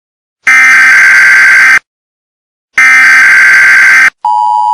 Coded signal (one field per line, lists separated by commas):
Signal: Emergency Alert System (SAME) tones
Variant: header bursts